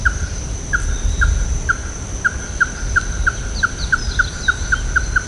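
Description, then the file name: Ruddy-breasted crake call: knocking notes start spaced and gradually speed up into a quicker series, with faint higher chirps in the background. "hikuina"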